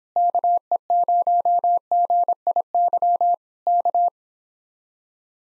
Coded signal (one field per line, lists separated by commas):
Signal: Morse code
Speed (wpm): 26 wpm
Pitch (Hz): 700 Hz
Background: none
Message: KE0GIY K